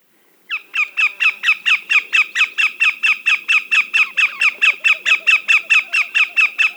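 Greater yellowlegs calling: a sudden start, then a long, regular string of loud, clear, downslurred whistled notes.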